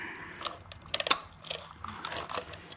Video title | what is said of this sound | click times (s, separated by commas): LS BRZ part 4 | Clicks right into place. | 0.9 s